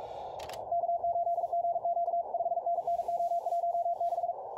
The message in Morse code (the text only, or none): K8GQ 5NNO16